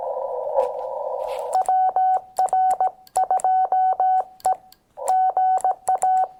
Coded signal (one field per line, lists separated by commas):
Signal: Morse code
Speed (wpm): 19 wpm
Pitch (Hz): 750 Hz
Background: none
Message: WR2E GA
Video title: MFJ-1898 Telescoping Antenna paired with the Xiegu X6100…The first #POTA field trip!